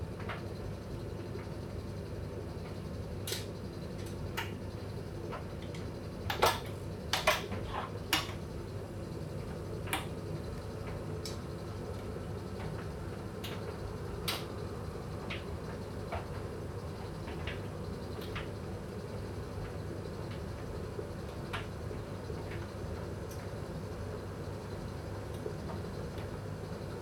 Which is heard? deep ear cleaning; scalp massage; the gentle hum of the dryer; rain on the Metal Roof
the gentle hum of the dryer